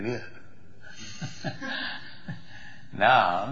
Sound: laughs

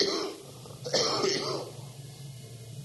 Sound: pause; coughs heavily

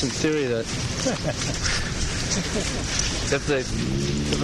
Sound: Prabhupāda laughs

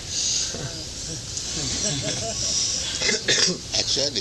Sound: laughter

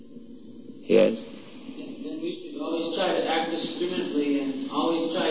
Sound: none

